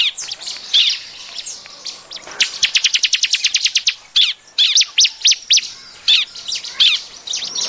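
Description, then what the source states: Bar-winged prinia: scattered high chirps, then a rapid run of many evenly spaced sharp notes, followed by more spaced sharp notes. Noisy calling used as a lure sound.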